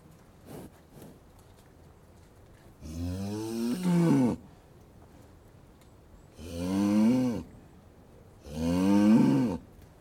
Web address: BBC Cattle. in yard with some birdsong loud moo. others move round yard